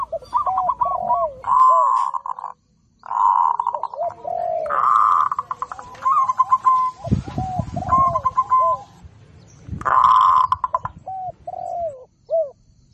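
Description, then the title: Zebra dove song: rolling trilled coos alternating with lower falling notes, repeated phrases with occasional low knocking sounds in the middle. Local zebra dove singing actively; recording made for training other birds. "Perkutut Lokal Gacor MASTERAN"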